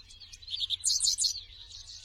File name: Canto do papa capim americano